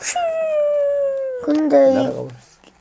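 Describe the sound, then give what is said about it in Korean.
A voice imitates a Tyrannosaurus roar with a long, drawn-out howling cry that slowly falls in pitch, then breaks into a rougher, growling burst before fading out. “티라노사우루스가 큰 소리로 울부짖었어요.”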